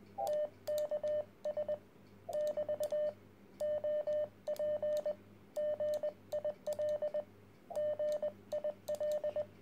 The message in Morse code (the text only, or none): TKS <BT> OP GIL GIL